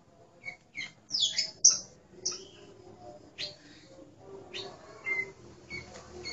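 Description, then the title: Oriental magpie-robin: songbird delivering scattered high whistled and chattering notes in short bursts separated by brief quiet gaps. "Kacer"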